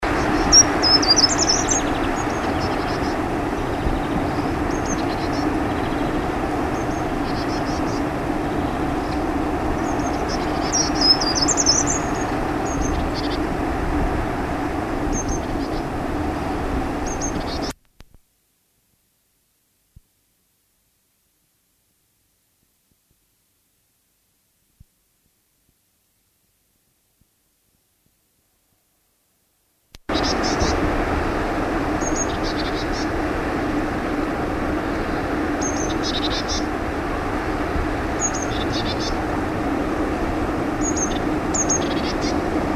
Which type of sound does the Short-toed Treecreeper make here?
song